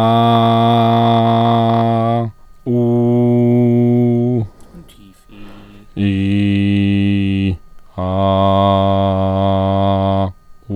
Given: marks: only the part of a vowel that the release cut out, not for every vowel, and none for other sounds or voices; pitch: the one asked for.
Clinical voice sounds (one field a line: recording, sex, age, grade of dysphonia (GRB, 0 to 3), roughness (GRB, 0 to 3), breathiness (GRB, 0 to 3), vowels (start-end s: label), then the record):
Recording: sustained vowels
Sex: male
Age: 20 to 29 years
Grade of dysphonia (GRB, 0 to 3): 0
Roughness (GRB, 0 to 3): 0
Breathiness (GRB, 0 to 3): 0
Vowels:
0.40-2.05 s: vowel /a/, high pitch
2.80-4.28 s: vowel /u/, high pitch
6.12-7.41 s: vowel /i/, low pitch
8.18-10.13 s: vowel /a/, low pitch
From the record:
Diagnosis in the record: healthy voice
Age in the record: 28 years